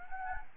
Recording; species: mosquito wingbeat signal from an infrared sensor; Anopheles gambiae